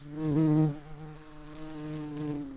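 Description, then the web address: Common carder bee buzzing, a steady low droning hum with rich overtones, loudest and slightly wavering during the first second, then holding an even tone to the end. Queens. "Pascuorum queens"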